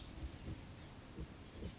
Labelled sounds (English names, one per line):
Oak Titmouse